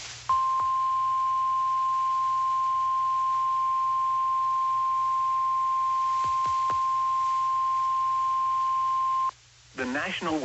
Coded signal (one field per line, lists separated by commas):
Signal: Emergency Alert System (SAME) tones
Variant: 1050 Hz attention tone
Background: speech